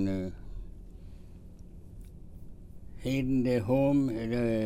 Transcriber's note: none